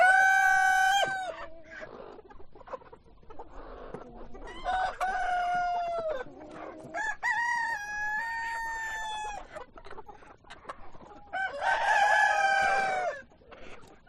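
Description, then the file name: Chicken crowing: several drawn-out harmonic rooster crows, with lower calls in the gaps. Chickens on a chicken farm. "west wolf Chicken farm"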